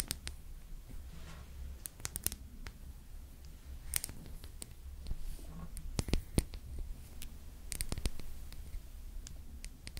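Slow makeup application with personal attention: soft brushing and scratching sounds mixed with sharp little clicks and taps that come in irregular clusters, thickest around the second, sixth and eighth seconds. A low steady hum sits underneath throughout.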